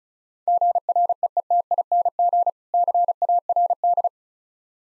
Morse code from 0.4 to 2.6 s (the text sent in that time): GREETING